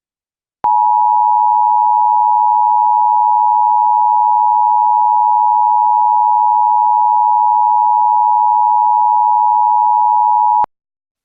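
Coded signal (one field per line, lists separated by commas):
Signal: Emergency Alert System (SAME) tones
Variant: 853 and 960 Hz attention tone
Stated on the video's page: Mock EAS scenario, not a real alert.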